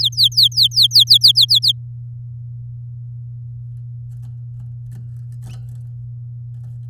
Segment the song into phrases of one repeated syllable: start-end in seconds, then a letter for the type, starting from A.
0.01-1.72 A